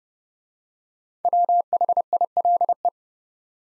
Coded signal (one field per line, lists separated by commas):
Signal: Morse code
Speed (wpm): 30 wpm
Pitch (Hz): 700 Hz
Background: none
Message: WHILE